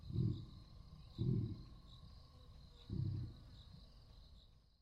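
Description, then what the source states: Lion giving three low, muffled grunts spaced over about three seconds, with a faint steady hum behind them. Roar.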